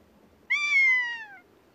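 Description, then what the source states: Rough-legged Buzzard giving a single long, high mew, slightly falling in pitch over about a second, with rich harmonics and a quiet background. Described as a long-sounding, high mew.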